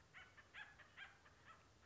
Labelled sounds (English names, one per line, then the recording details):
Acorn Woodpecker
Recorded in Sonoma County, California